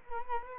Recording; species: mosquito wingbeat signal from an infrared sensor; Culex quinquefasciatus